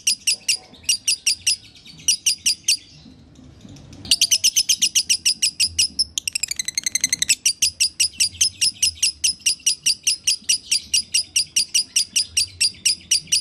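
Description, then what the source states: Lovebird song of shrill chirps delivered in fast even runs, a short pause near the start, then a dense buzzy burst and a long steady rattle of notes. Lovebird in the konslet song style; masteran (song-training) recording.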